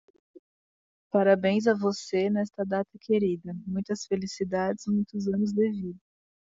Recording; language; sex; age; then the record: short text; Brazilian Portuguese; female; 20 to 29 years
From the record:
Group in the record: control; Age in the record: 28 years